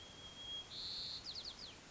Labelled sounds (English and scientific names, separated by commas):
White-crowned Sparrow (Zonotrichia leucophrys)